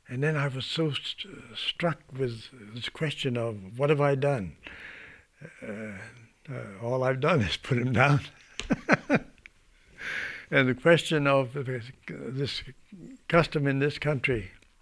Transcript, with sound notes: And then I was so struck with this question of what have I done. All I've done is put him down. (he laughs) And the question of this custom in this country,